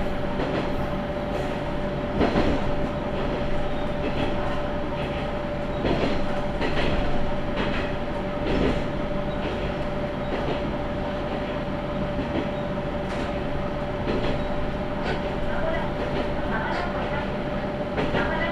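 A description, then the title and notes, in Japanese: A train rumbles steadily from inside the car, with a constant whine and repeated knocks and clatters from the rails every few seconds. 天竜浜名湖鉄道 西気賀→三ヶ日。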